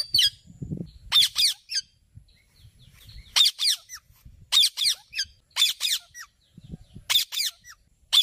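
Bird producing short, raspy high squawks in paired and triple bursts, repeated at uneven intervals, with soft low thumps in the background.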